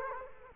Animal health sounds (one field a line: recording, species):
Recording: mosquito wingbeat signal from an infrared sensor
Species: Culex quinquefasciatus